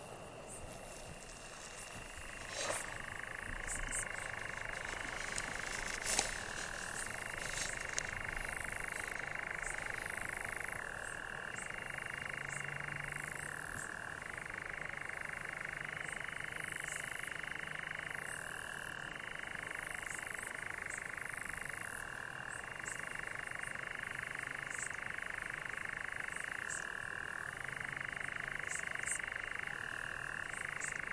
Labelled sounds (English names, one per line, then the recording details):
Eurasian Nightjar song
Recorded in the wild
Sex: male
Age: adult
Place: Tiuccia, Corsica, FR
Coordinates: 42.0692, 8.73167
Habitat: macchia
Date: 2011-07-16
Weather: 20°C, clear night, almost windless
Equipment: Fostex FR2-LE, Sennheiser ME66, Popschutz
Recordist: Frommolt, Karl-Heinz